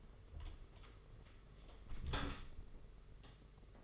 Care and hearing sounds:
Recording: daily activity, microphone in the room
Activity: close door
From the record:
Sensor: 4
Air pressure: 992.4 hPa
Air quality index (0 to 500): 111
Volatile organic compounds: 20 ppm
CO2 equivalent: 2678 ppm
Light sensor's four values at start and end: 20/71/26/27 and 21/74/27/28

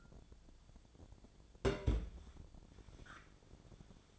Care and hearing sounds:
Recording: daily activity, microphone in the room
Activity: place on stove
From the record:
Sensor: 5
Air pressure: 1000.0 hPa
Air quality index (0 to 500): 97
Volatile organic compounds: 1 ppm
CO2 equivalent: 788 ppm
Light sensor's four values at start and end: 387/924/399/449 and 387/925/399/450

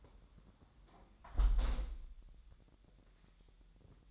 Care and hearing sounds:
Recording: daily activity, microphone in the room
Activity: close window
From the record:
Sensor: 3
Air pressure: 1000.3 hPa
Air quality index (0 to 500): 239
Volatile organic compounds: 134 ppm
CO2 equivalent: 3950 ppm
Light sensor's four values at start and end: 10/24/10/9 and 10/23/9/9

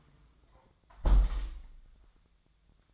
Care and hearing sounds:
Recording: daily activity, microphone in the room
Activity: close window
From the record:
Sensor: 3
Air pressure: 1004.7 hPa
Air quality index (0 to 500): 100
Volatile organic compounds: 4 ppm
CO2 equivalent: 1561 ppm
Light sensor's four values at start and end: 7/16/6/6 and 7/16/6/6

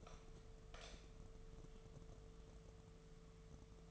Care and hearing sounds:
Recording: daily activity, microphone in the room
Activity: light on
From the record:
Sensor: 4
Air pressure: 1015.4 hPa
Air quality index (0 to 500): 171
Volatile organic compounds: 7 ppm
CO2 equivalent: 1976 ppm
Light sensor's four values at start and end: 27/63/27/29 and 27/66/28/30

